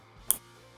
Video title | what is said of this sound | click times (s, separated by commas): Street Glide 12” Handlebars with Grips - Harley Riser Bushings - Clutch / Wire Extensions and More | You'll hear a click, and now it's secured. | 0.3 s